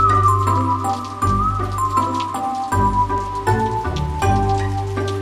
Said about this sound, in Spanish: Cuando llueve fuerte, fuerte y se oyen truenos, yo me quedo en mi casa muy juntito al fuego.